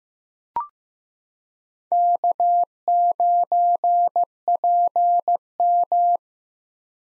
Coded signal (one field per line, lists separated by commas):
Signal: Morse code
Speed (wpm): 15 wpm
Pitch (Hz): 700 Hz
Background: none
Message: K9PM